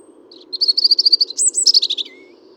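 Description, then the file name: European robin phrase of quick tinkling trilled notes that climb higher before a short descending flourish and a thin drawn-out whistle, over a steady low hum. "Erithacus rubecula"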